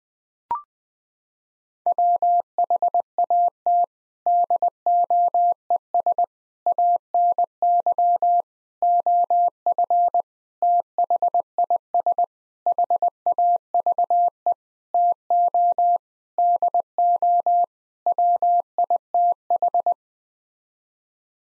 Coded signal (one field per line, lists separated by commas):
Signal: Morse code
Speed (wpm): 20 wpm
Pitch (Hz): 700 Hz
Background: none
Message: WHAT DOES ANY OF THIS HAVE TO DO WITH